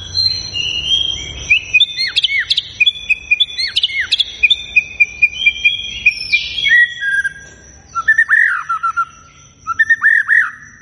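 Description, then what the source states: White-rumped shama song: bright whistles and sharp clicking notes, then loud short whistled phrases with brief pauses. Vigorously singing bird; lure recording meant to prompt shamas to respond.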